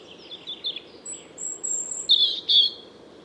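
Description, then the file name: European robin song: a few soft warbled notes, thin, very high drawn-out whistles, then two louder, sharper bursts near the end, over soft steady background noise. "Erithacus rubecula"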